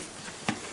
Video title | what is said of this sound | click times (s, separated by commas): Clean HEPA Filter In Vacuum | There we go. I pushed in on it and it unlocked. | 0.5 s